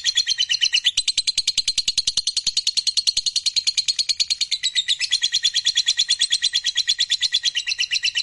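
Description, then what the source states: Lovebird song as a sustained high, buzzy trill of rapid pulses, steady and continuous throughout with little variation in pitch. Fighter lovebird singing energetically (gacor).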